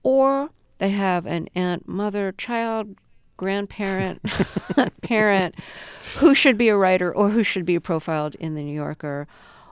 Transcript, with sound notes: or they have an aunt, mother, child, grandparent...
(LAUGHTER)
...Parent who should be a writer or who should be profiled in The New Yorker.